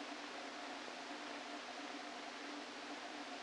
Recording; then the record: brain microelectrode recording played as sound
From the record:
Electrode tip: outside the subthalamic nucleus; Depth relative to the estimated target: -3 mm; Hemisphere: left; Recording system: NeuroSet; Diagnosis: Parkinson's disease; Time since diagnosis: 13 years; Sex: male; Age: 49 years